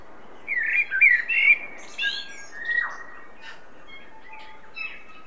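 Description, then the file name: Common blackbird singing a short, mellow warbled phrase, followed by a few quieter, high, thin notes over steady faint background hiss. "Turdus merula"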